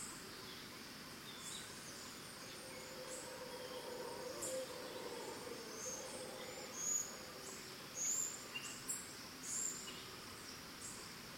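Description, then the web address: Cricket: insects keep up a steady high buzzing drone through forest ambience, with scattered sharp high bird chirps. Forest and jungle ambience in Costa Rica, with birds. "Big Room Sound Birds Crickets Costa Rica"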